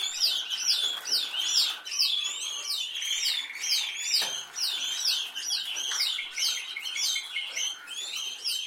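Canary song of rapid repeated chirping syllables, a quick rhythmic pattern of sweeping notes with a short buzzy roll near the middle.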